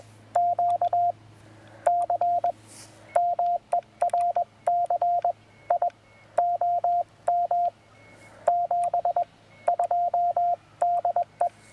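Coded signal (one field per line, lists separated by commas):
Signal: Morse code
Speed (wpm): 21 wpm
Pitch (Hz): 700 Hz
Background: none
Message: QCM ERCI OM 72 DE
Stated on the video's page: Morse sent with a double paddle on a Penntek TR-45L during a POTA park activation, using a 40-meter end-fed half-wave antenna and battery power.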